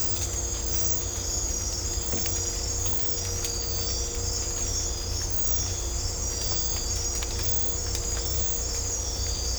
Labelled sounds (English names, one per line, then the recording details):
none
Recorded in dense forest near Puerto Asís, Putumayo, Colombia, on 18 December 2024 at 02:30
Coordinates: 0.503, -76.323
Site G043